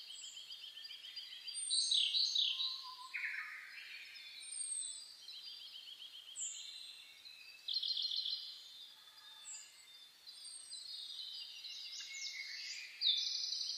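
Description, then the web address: Birds in a dawn chorus, with many overlapping songs: rapid trills, buzzy phrases, high thin notes and low whistles throughout. Dawn chorus recorded 10 May 2010 around 04:01. "reimei -saezuri-20100510-0401"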